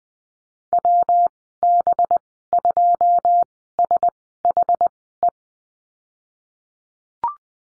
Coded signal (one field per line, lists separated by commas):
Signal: Morse code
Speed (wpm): 19 wpm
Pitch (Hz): 700 Hz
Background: none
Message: WB2SHE